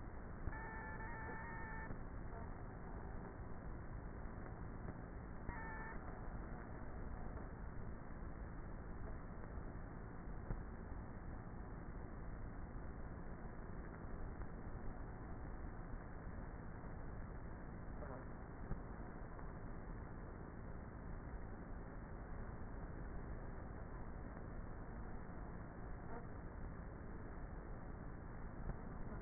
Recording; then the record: honeybee colony, microphone inside the hive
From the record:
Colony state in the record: queenless with a low population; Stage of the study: before two queens were removed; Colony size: about 30,000 bees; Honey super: no